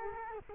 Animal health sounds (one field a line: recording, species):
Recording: mosquito wingbeat signal from an infrared sensor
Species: Culex quinquefasciatus